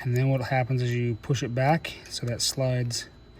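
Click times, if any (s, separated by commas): none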